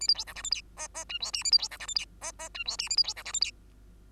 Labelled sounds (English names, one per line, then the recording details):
Bengalese Finch song
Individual Bird2